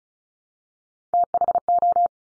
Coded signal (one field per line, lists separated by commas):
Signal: Morse code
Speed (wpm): 36 wpm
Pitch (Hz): 700 Hz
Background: none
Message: THO